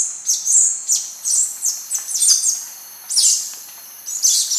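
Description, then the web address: Ochre-breasted Tanager giving quick, high chattering notes in loose bursts that come in irregular succession. Recorded in Ecuador. "Natures Songs S America Birds of Ecuador Ochre-breasted Tanager"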